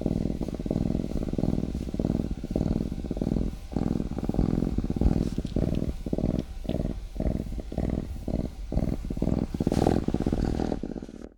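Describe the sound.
Cougar cub purring, a deep rumbling purr that breaks into low pulses with short pauses in the second half.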